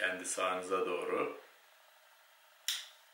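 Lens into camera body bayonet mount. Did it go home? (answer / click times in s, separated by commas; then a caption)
yes / 2.7 s. Someone talks as a camera lens is set on the camera body's bayonet mount and turned to the right. The bayonet latch clicks home with a sharp click at 2.7 s, and the lens is seated.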